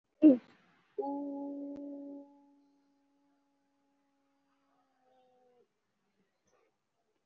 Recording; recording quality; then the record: sustained vowel as in boot; moderate, slight background noise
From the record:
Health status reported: COVID-19 positive, mild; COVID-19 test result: positive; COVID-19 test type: RT-PCR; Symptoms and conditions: sore throat, fever, loss of smell and taste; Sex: female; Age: 18 years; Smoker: no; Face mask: worn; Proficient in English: yes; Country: India